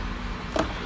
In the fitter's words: lift ని కిందకి అనేస్తే మీకు లాక్ అయిపోతుంది ఫుట్